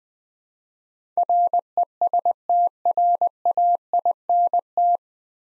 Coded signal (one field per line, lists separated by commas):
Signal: Morse code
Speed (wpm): 20 wpm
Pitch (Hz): 700 Hz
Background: none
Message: RESTRAINT